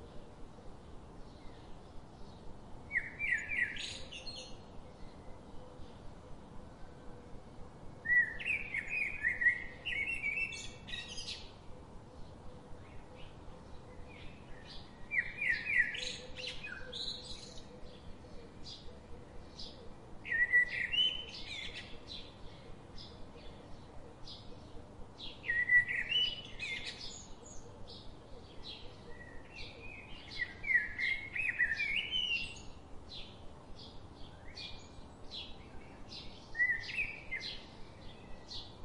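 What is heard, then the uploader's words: Birds sing bright, warbling phrases roughly every five seconds over a steady low rumble, with fainter chirps scattered between the louder bursts. Birds relaxing sounds.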